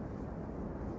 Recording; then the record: background sound without coughing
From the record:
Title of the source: Train Ride Ambience ambient white noise for sleeping, focus, studying, reading